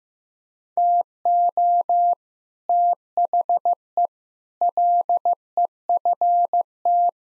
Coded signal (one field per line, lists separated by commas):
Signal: Morse code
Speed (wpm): 15 wpm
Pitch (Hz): 700 Hz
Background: none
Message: TO THE LEFT